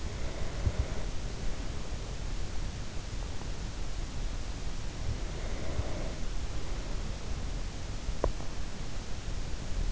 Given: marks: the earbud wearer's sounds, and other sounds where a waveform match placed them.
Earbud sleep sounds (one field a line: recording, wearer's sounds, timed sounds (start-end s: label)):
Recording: sounds in sleep by an in-ear microphone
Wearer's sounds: breath, teeth grinding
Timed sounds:
0.00-2.03 s: breath
5.17-7.20 s: breath
8.02-8.56 s: teeth grinding